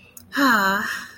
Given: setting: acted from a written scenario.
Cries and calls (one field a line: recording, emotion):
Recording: vocal sound without words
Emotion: pride